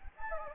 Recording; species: mosquito wingbeat signal from an infrared sensor; Anopheles gambiae